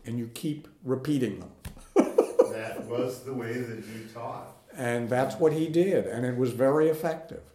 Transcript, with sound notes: And you keep repeating them. (laughter)
That was the way that he taught.
And that’s what he did. And it was very effective.